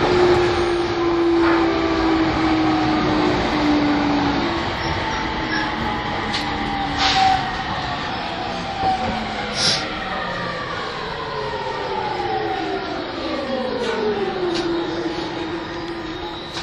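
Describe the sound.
An E231 series Yamanote Line train on the outer loop, heard as a steady rumble of wheels and motion throughout. Whining motor tones glide downward, sweeping lower from about eight seconds on, with a few sharp clicks and knocks around seven and ten seconds.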